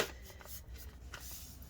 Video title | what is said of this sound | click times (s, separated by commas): HP Spectre x360 Convertible 15t-ch000 Disassembly RAM SSD Hard Drive Battery Quick Look Inside | wow okay now some batteries stopping it from clipping back down so well we're just gonna | none